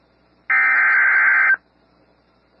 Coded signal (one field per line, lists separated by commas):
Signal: Emergency Alert System (SAME) tones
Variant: header bursts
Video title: Severe Thunderstorm Warning (Hansford and Ochiltree Counties, TX) (4/24/25) [EAS #146]